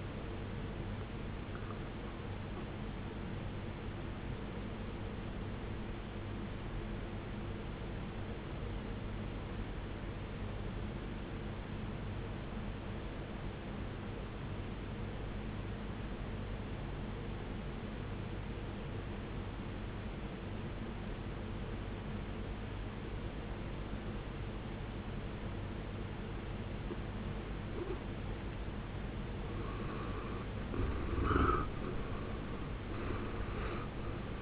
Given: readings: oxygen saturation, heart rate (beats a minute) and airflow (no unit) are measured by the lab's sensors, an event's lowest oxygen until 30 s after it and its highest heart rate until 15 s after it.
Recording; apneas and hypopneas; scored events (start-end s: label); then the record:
breathing in sleep by a voice recorder at the bedside; 1
6.00-30.20 s: obstructive apnea (N1, oxygen 94% highest, then 72% lowest, heart rate 60 at the start, 78 highest)
From the record:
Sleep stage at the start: N1 (lightest sleep); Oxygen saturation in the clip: 73 to 94%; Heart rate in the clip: 52 to 73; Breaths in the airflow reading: 2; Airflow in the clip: -16.2 to 16.1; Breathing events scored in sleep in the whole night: 389 in 6.3 hours asleep